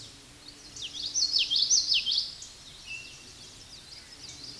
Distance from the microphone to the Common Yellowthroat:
about 5 m